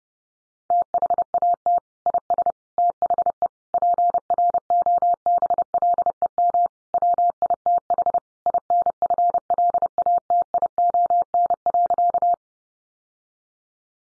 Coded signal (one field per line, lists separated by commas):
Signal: Morse code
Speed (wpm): 30 wpm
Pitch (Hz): 700 Hz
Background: none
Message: THAT IS THE PROBLEM WITH INFLATION.